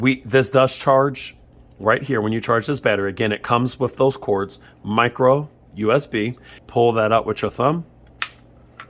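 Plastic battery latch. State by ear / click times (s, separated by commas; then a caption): released / 8.2 s. Someone talks about charging the plastic flight battery of an SJRC F11 4K PRO drone with its micro USB cords, then pulls the battery out of the drone body with a thumb. A sharp snap sounds at 8.2 s as the latch lets go, and the battery is released from its bay.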